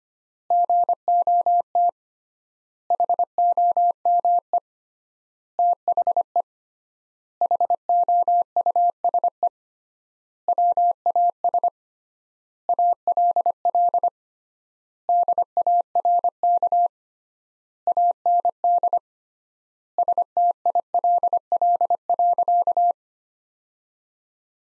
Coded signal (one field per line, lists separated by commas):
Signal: Morse code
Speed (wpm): 25 wpm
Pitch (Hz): 700 Hz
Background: none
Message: GOT HOME THE HOUSE WAS ALL DARK AND STILL.